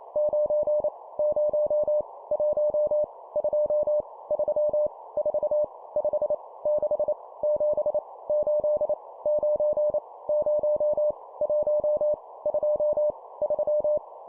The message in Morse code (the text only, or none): 9 0 1 2 3 4 5 6 7 8 9 0 1 2 3